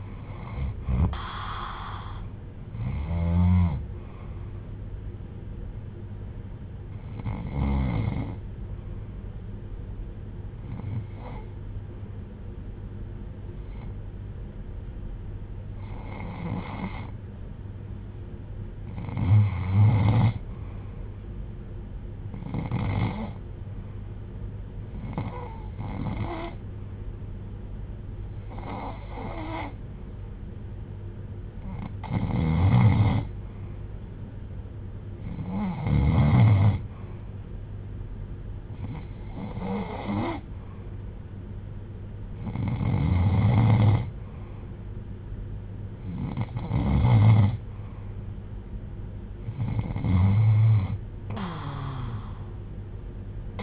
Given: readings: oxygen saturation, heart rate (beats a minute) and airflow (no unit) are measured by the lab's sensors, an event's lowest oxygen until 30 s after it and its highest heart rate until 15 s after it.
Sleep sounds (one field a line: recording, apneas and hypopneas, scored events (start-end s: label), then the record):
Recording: breathing in sleep by a smartphone at the bedside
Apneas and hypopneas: 1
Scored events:
8.00-19.30 s: hypopnea (N2, oxygen 92% highest, then 89% lowest, heart rate 63 at the start, 69 highest)
From the record:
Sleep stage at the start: N2 (light sleep)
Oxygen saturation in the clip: 82 to 94%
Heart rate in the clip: 63 to 74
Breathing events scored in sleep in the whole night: 310 in 8.1 hours asleep